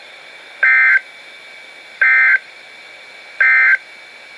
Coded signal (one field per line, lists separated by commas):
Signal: Emergency Alert System (SAME) tones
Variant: end-of-message bursts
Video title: NOAA - Severe Thunderstorm Watch #556 (EAS #995)